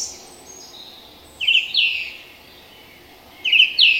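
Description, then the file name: Song thrush song: a short bright phrase of two or three crisp notes, delivered twice about two seconds apart, with faint background hiss between. "turdus philomelos"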